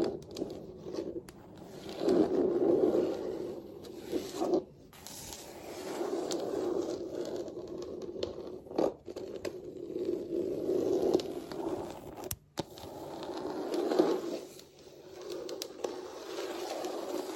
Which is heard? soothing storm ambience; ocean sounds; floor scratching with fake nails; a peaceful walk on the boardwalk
floor scratching with fake nails